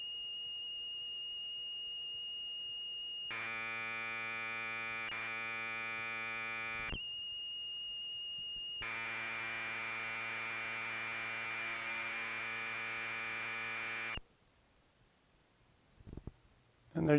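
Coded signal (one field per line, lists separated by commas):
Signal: Commodore tape loading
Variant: Commodore 1530 Datasette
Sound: a steady high whine, then a harsh buzzing screech, repeated once, then brief speech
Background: brief speech at end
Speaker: and see if it works and there you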